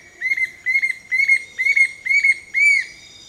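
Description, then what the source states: Bright-rumped Attila calling: six loud, arched whistled notes at a steady pitch, repeated about every half second, the final note slightly longer and fuller. Calls from a perch hidden deep in the canopy, repeating its maniacal phrases until well after sunrise; winter morning at sunrise, tropical lowland forest near the Caribbean coast, Costa Rica.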